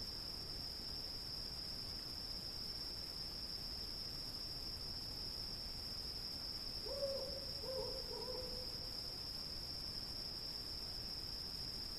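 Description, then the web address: Cricket's steady high-pitched trill, unbroken throughout, with a few low hooting notes near the seven-second mark over faint background hiss. "сверчки"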